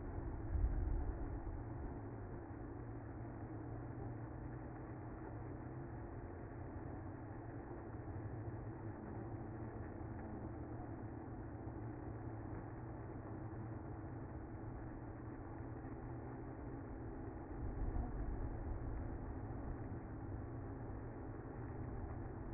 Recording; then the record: honeybee colony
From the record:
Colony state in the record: active